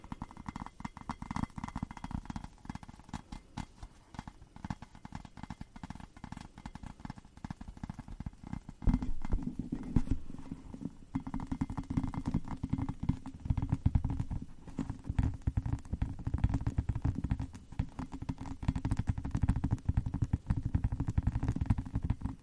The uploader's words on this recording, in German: ASMR - "Tapp, tapp, tapp".